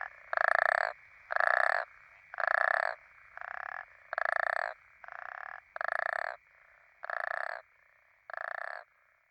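African common toad giving grating pulsed croaks about every second, some louder and some quieter, over a steady background hum.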